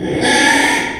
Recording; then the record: squeal of a Yucatan mini pig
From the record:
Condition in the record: after surgery on the right vocal fold (resection and tissue-engineered implant); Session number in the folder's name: 3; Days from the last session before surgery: 33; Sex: male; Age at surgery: 12 weeks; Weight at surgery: 13 kg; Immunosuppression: cyclosporine, prednisolone